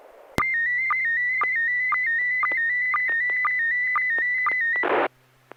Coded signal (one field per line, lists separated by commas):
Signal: SSTV (slow-scan television)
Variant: PD 120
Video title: N6NA SSTV Net - 04/07/2021